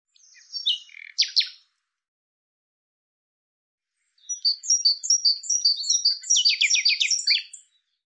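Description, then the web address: Bird song: a short burst of high, rapid chirps, then a long run of quick, sweet, high-pitched notes that ends in a fast, buzzy trill. "Deverinetal 2025"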